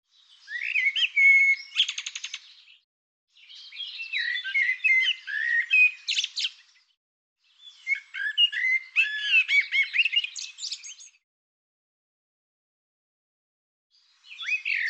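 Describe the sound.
Bird song in three varied bursts of warbled, chattering and whistled notes, each a few seconds long and separated by short pauses, with another burst starting at the end.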